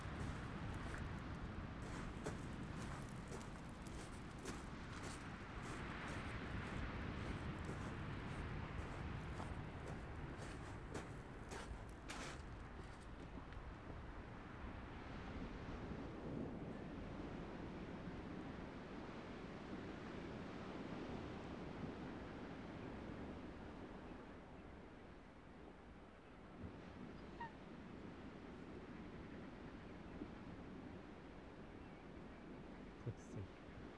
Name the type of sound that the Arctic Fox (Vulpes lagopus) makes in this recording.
call